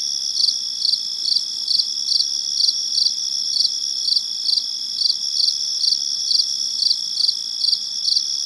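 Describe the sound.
Cricket chirping in steady, high-pitched pulsed bursts, roughly two chirps per second, each with a bright ringing tone; no other clear sounds.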